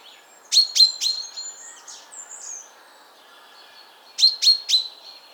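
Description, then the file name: Common chaffinch calls: two bursts of three sharp, loud notes, separated by a soft, high warbling phrase and a pause. "Fringilla coelebs"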